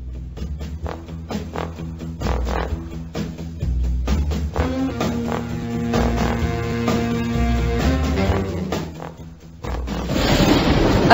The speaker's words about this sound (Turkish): Gök gürlüyor.